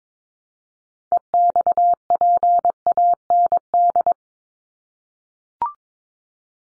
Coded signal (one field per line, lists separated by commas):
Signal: Morse code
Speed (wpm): 22 wpm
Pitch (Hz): 700 Hz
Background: none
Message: EXPAND